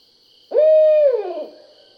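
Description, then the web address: Barred owl hooting: a single drawn-out hoot held steady, then sliding downward into a fading, drawling tail, over a faint steady high-pitched hum. Recorded on 20 July 2012. "Barred Owl 2012 07 20"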